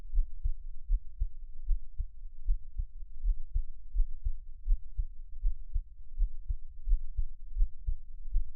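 Soft, low heart thuds of an adult's own heartbeat at about 80 per minute, with uneven spacing between some beats against a faint low hum. The rhythm is irregular, with frequent skipped beats, pauses where an expected beat is missing or comes late.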